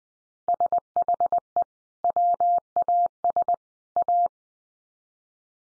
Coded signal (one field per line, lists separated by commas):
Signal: Morse code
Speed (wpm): 20 wpm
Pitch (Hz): 700 Hz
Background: none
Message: SHE WAS A